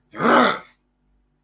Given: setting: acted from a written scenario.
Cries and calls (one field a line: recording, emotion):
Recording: vocal sound without words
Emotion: anger